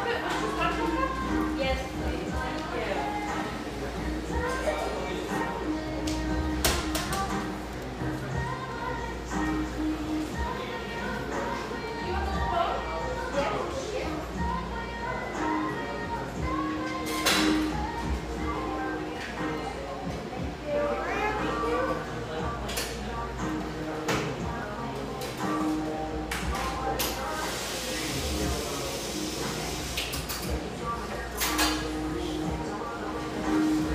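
Busy cafe chatter, several voices talking at once in a steady, dense murmur that never lets up. Sharp clinks and knocks of cups and dishes cut through every few seconds, with a brief hissing burst around the 27-second mark and a low hum underneath.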